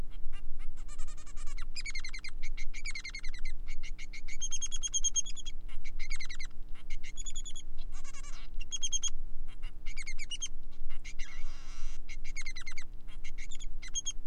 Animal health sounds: song of a male Bengalese finch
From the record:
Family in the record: son of father 3

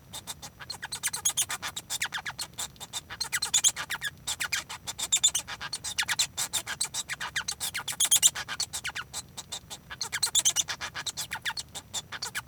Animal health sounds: song of a male Bengalese finch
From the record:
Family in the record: son of father 1

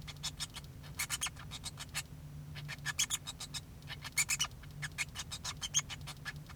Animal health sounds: song of a male Bengalese finch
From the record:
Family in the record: son of father 2

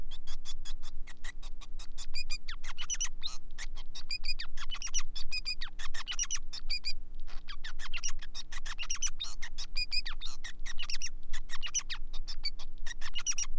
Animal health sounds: song of a male Bengalese finch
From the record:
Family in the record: son of father 5

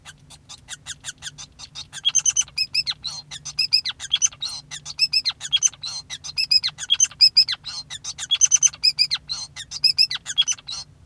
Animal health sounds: song of a male Bengalese finch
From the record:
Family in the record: son of father 5

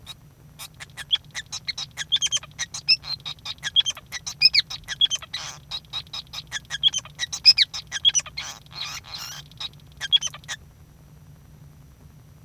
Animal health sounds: song of a male Bengalese finch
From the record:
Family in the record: son of father 5

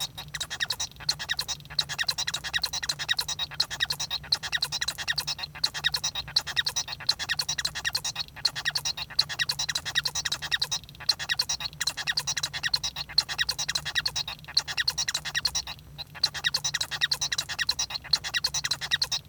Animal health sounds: song of a male Bengalese finch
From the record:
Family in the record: son of father 1

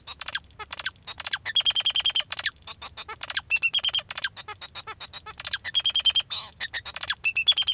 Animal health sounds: song of a male Bengalese finch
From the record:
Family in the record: father 2

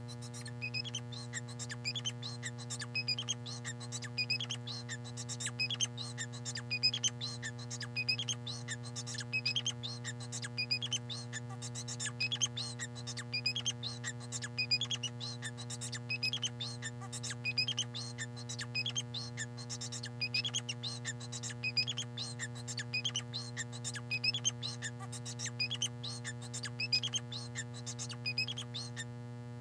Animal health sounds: song of a male Bengalese finch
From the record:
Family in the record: son of father 4

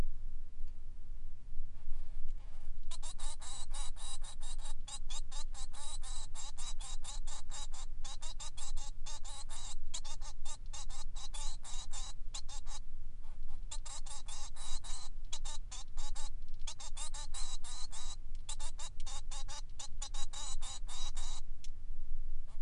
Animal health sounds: song of a male Bengalese finch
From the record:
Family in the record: son of father 3

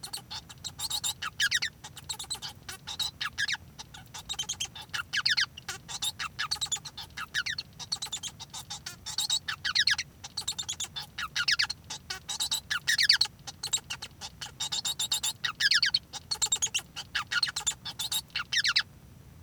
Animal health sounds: song of a male Bengalese finch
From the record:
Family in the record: son of father 1

